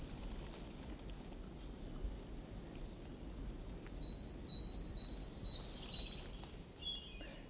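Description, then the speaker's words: European robin song: high, thin twittering phrases with brief pauses between them, over a low background rumble. Heard in a forest; the song is described as a kind of cascade. "entendu le rouge-gorge là avec son chant un peu comme une espèce de cascade. Là."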